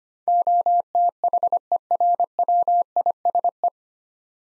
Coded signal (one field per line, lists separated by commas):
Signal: Morse code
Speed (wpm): 25 wpm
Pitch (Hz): 700 Hz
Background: none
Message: OTHERWISE